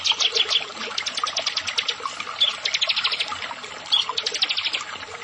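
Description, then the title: Prinia song of quick, repeated sharp high notes in dense trilled bursts with short gaps. "Ciblek Sawah"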